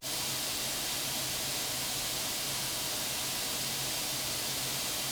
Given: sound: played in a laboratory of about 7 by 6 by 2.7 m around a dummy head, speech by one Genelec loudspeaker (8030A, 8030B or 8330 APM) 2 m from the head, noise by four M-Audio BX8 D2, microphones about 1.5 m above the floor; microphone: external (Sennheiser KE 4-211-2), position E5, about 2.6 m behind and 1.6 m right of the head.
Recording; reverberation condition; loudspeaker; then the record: white noise; medium; four, about 170 cm from the corners of the room and facing them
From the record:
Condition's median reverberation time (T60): about 510 ms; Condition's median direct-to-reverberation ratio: about -0.5 dB